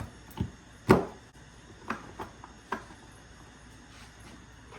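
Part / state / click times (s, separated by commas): pulley wheel onto serpentine belt tensioner / seated / 0.9 s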